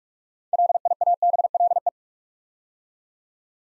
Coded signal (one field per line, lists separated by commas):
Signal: Morse code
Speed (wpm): 48 wpm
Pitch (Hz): 700 Hz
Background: none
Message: LIABLE